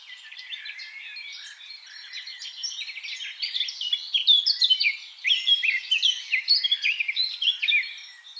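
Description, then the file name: Eurasian blackcap song: quiet chattering warble that grows louder halfway, turning into rich rapid phrases of mixed whistles and twitters. "Sylvia atricapilla"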